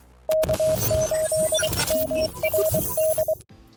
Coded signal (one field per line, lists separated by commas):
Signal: Morse code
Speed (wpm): 23 wpm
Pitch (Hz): 630 Hz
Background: music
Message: K8MRD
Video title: TinyFilter 2 Meter Band Pass Filter by K6STR & N6ARA